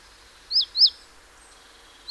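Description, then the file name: Great tit calls: short high chirps that rise then drop sharply, two close together then one more after a pause, over faint background hiss. "Parus major"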